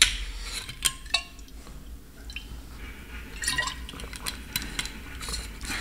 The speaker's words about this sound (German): Und ich muss mal einen Schluck Wasser nehmen.